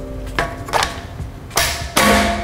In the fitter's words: until it clicks and now it's no longer visible